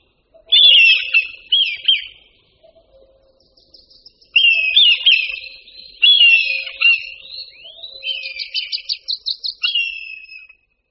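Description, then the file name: Red kite whistles: mewing notes falling in pitch, then a long run of wavering whistles and a fast, pulsing trill. "Luňák-červený"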